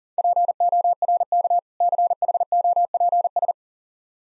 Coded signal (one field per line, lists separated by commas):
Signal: Morse code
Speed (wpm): 37 wpm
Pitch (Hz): 700 Hz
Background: none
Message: PORK CHOPS